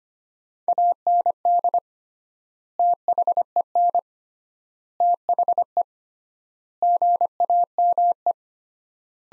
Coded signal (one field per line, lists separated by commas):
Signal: Morse code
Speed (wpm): 25 wpm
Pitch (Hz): 700 Hz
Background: none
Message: AND THEN THE GAME